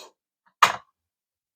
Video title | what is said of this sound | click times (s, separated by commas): Recipe - Instant Pot Roast Pork Shoulder | hear that click you're seeing it at the same time as I am | 0.6 s